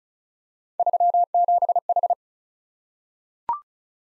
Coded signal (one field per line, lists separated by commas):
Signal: Morse code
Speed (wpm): 36 wpm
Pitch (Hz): 700 Hz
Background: none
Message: 37H